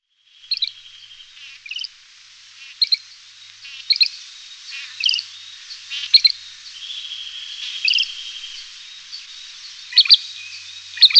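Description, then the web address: Great grey shrike song: a long run of varied chirps, harsh double notes and a drawn-out whistled phrase, repeated roughly once a second. "Schulze Peter Great Grey Shrike song"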